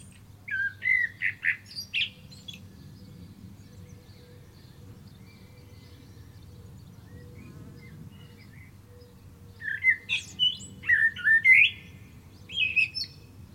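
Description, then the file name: Common blackbird song: a warbled whistled phrase with high chattering notes, a long pause, then another phrase of fluty notes and squeaks; faint background hum. "Turdus merula"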